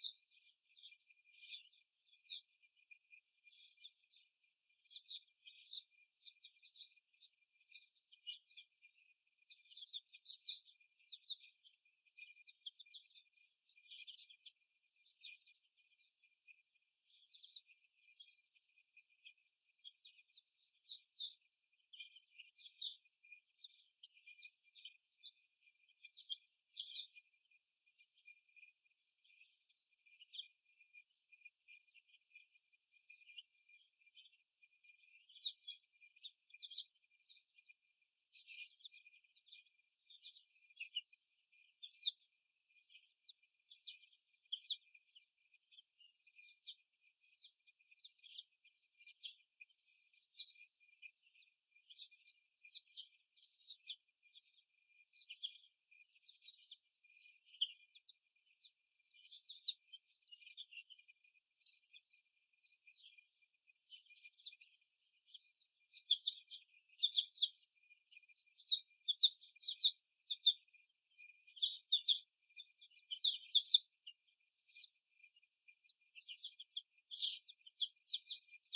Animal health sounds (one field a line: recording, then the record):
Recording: young laying hens in a cage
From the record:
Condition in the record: after the stressor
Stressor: simulated dog barking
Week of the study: 1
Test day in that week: 1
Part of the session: 1